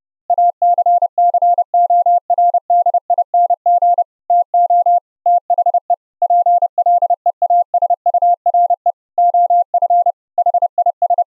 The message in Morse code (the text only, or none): ACCORDING TO THE PLEASURE OF HIS